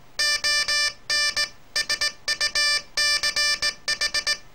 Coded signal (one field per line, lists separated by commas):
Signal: Morse code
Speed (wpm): 18 wpm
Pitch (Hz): 1750 Hz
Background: none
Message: ON SUCH